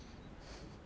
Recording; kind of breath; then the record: one breath in and out by a microphone near the nose and mouth; strong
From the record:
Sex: male